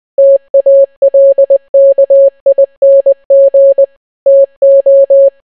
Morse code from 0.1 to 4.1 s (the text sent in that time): TALKING